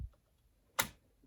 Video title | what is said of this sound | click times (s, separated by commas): How to Upgrade the RAM in your HP Pc | and hear that click. If you don't hear that click, you haven't socket it in properly. | 0.8 s